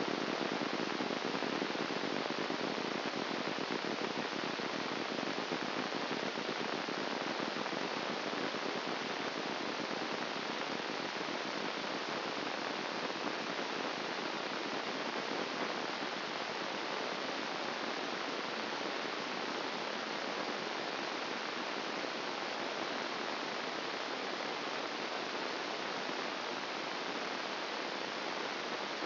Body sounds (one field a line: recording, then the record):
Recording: brain microelectrode recording played as sound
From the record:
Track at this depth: inside the subthalamic nucleus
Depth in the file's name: 0.007 mm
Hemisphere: left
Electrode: 2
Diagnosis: Parkinson's disease